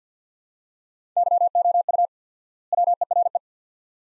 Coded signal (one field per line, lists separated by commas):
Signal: Morse code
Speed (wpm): 50 wpm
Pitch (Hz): 700 Hz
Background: none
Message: YOU WERE